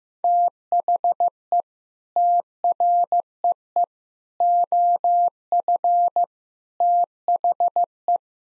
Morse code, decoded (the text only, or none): THE TREE OF THE